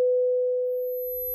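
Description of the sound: A steady, low pure tone at 500 Hz, played as a hearing check tone for low frequencies; a faint, very high tone joins midway through.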